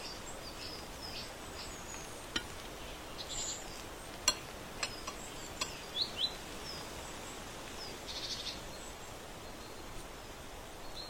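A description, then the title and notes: Autumn sounds from a porch: a steady soft outdoor hiss fills the background throughout. Brief high chirps and small clicks pop up now and then, clustered around the middle, with a short buzzy insect-like trill near the eighth second. On the porch in autumn.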